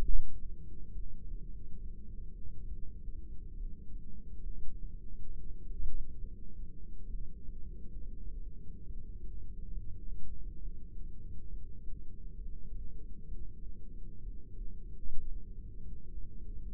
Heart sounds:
heart sounds by microphone in the right ear; 67 bpm
0.05 s: heartbeat
0.94 s: heartbeat
1.81 s: heartbeat
2.68 s: heartbeat
3.56 s: heartbeat
4.45 s: heartbeat
5.31 s: heartbeat
6.19 s: heartbeat
7.09 s: heartbeat
7.99 s: heartbeat
8.86 s: heartbeat
9.72 s: heartbeat
10.60 s: heartbeat
11.49 s: heartbeat
12.36 s: heartbeat
13.27 s: heartbeat
14.22 s: heartbeat
15.19 s: heartbeat
16.13 s: heartbeat
From the record:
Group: heart failure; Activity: rest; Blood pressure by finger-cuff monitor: 135/92 mmHg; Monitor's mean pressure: 108 mmHg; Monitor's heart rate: 67 bpm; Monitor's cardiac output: 6.3 L/min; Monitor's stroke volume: 94 mL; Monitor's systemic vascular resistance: 1260 dyn s/cm5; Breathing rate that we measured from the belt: 17 breaths a minute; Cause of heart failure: idiopathic cardiomyopathy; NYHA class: 1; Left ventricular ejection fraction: 50%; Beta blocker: bisoprolol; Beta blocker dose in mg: 5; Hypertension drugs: candesartan, spironolactone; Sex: male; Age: 54 years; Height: 180 cm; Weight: 94.6 kg

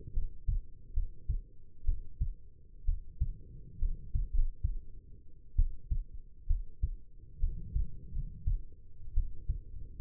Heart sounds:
heart sounds by stethoscope; 67 bpm
0.12 s: heartbeat
0.93 s: heartbeat
1.84 s: heartbeat
2.84 s: heartbeat
3.78 s: heartbeat
4.32 s: heartbeat
5.56 s: heartbeat
6.46 s: heartbeat
7.39 s: heartbeat
8.12 s: heartbeat
9.13 s: heartbeat
9.98 s: heartbeat
From the record:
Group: healthy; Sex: female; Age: 22 years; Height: 171 cm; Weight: 65.6 kg

